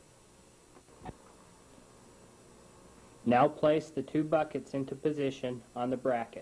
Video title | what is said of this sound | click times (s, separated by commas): How to set up a Passap Duomatic 80 Knitting Machine (Original video, digitised & timestamped) | turn it to the back and push it down until it clicks into position. | 1.1 s